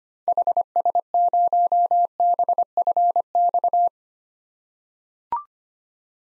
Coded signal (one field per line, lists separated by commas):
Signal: Morse code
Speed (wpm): 25 wpm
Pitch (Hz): 700 Hz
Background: none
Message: HS0BFX